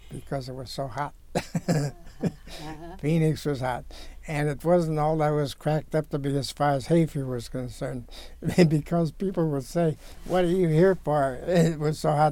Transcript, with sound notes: because it was so hot. (Laughing) Phoenix was hot. And it wasn't all that It was cracked up to be as far as hay fever was certain, because people would say hey what are you here for it was so hot.